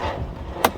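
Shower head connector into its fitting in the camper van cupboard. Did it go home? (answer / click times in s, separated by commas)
yes / 0.7 s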